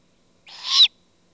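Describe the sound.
Great horned owl juvenile uttering a single rough, hissing screech that builds steadily louder before stopping sharply, otherwise quiet.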